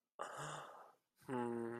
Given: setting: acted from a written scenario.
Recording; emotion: vocal sound without words; romantic love